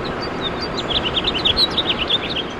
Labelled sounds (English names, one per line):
House Finch song